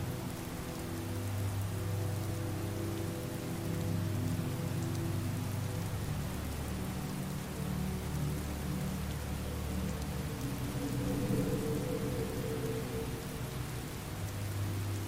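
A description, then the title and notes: Steady rain falls throughout, a dense, even hiss with soft drops pattering on a surface. Beneath it sits a low, sustained musical drone with slowly shifting tones, swelling slightly around the middle and again near the end. Skyrim - Music & Ambience - Rainy Solstheim.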